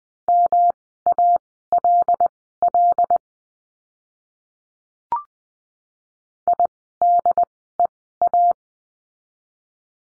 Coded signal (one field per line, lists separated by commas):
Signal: Morse code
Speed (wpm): 20 wpm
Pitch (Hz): 700 Hz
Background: none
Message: MALL IDEA